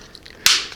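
A snap fastener on a hatchet's blade sheath is pressed closed from the bottom. After a couple of faint ticks, a sharp, loud snap at 0.5 s shows it has fastened shut, and the bright tail fades out over the rest of the clip.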